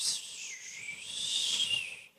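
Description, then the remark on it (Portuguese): A voice imitates a soft whistling wind: one breathy, airy whoosh held for about two seconds, its high pitch drifting gently down and back up before fading out. No talking. “Sabe aquele barulhinho que o vento faz?”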